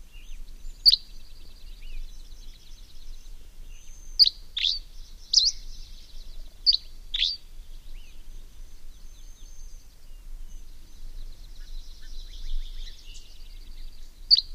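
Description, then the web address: Dusky Flycatcher uttering brisk, clipped high notes, one near the start and a cluster midway, then one at the end, against a continuous faint high-pitched trilling background. "Songs of Birds of North America Know Your Bird Sounds Common Western Species. Dusky Flycatcher"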